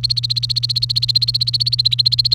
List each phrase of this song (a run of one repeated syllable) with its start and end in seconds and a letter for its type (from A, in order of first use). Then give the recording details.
0.00-2.34 A. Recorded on 28 April 2018 at 15:49. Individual llb3